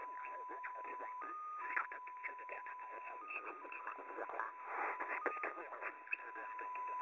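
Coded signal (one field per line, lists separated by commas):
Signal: multi-tone FSK (Olivia or MFSK type)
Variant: XPA2 14-tone MFSK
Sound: steady tone hopping slowly between nearby pitches, buried under garbled voice-like noise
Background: radio static, voice interference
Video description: XPA2 is a digital mode of the Russian 7 operator. It utilizes a custom 14-tone MFSK system.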